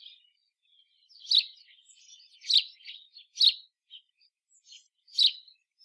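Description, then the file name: House sparrow giving several loud chirps, interspersed with quieter twittering notes. "Passer domesticus"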